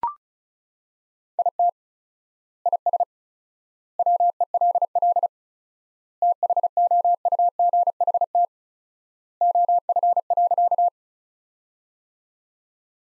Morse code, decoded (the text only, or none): IT IS WELL THOUGHT OF.